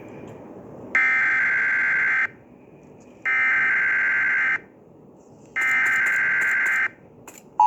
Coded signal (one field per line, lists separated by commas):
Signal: Emergency Alert System (SAME) tones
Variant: header bursts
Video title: Zombie Apocalypse Roleplay From Scratch EAS Alarm WMV-EAS-WVE-SYS